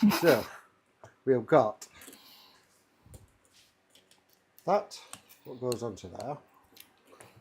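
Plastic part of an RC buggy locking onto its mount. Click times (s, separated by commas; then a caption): 6.8 s. During a build of a PR Racing B10R RC buggy, someone talks while a plastic part is pushed onto its mount, with a few faint handling taps in between. A sharp click at 6.8 s marks the part locking into place, and it is seated.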